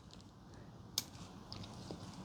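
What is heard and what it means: On an Audi A4 1.8T Quattro (B6, AMB) during a valve cover gasket replacement, the lock tab on the wiring connector of the next ignition coil is pulled back to unlock it so the connector can be disconnected. A sharp, bright click at 1.0 s stands well above the quiet background, with a few faint ticks around it. The tab releases, and the connector is unlocked.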